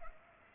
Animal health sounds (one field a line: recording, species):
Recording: mosquito wingbeat signal from an infrared sensor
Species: Culex pipiens